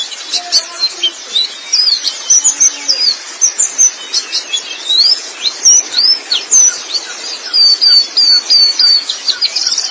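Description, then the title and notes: White-eye song: short bursts of thin, high, slurred chirps and twitters, given in quick phrases separated by brief pauses. Long-duration recording of chirping song (kicauan). "Kicauan Burung Pleci Durasi Panjang. Suara kicauan burung pleci"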